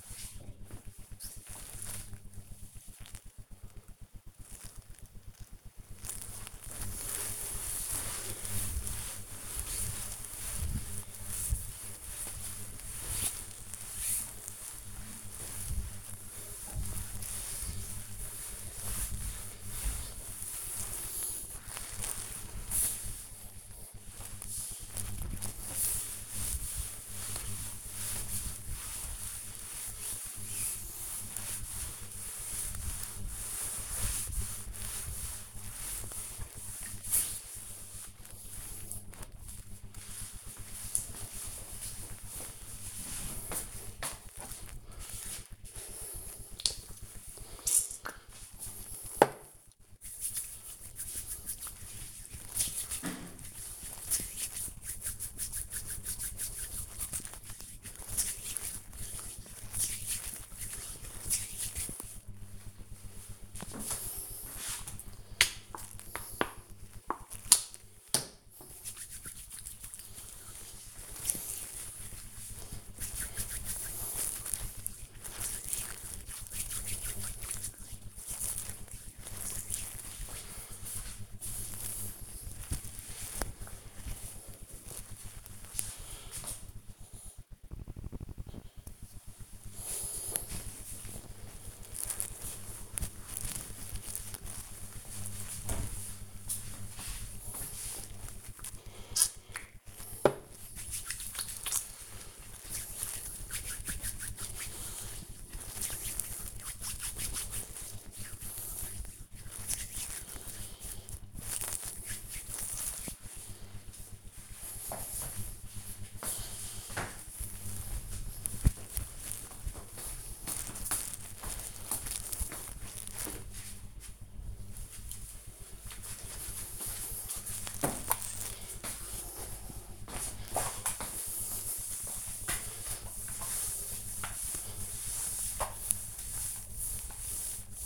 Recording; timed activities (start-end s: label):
household activities, microphone on the right wrist
6.83-38.01 s: cleaning table
45.05-61.12 s: disinfecting hands
66.14-79.23 s: cream hands
99.37-111.40 s: disinfecting hands
128.49-137.86 s: floor cleaning